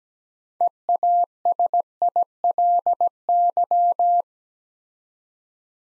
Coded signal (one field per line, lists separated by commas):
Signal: Morse code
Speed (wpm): 17 wpm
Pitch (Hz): 700 Hz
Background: none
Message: EASILY